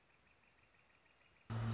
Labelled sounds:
Northern Flicker
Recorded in Sonoma County, California

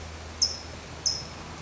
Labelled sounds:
California Towhee
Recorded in Sonoma County, California

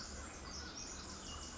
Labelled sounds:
Pacific Wren
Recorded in Sonoma County, California

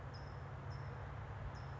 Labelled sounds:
California Towhee
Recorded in Sonoma County, California

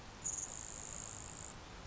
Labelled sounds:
Grasshopper Sparrow
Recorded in Sonoma County, California

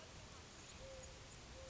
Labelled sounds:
Mourning Dove
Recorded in Sonoma County, California

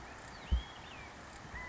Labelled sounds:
California Quail
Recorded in Sonoma County, California

